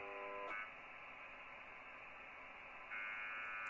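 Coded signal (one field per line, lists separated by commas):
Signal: channel marker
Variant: UVB-76 (The Buzzer)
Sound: two short harsh buzzes with rising pitch, separated by radio hiss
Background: radio static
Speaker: now if I tune the frequency by the encoder you can hear the shift in the pitch of the signal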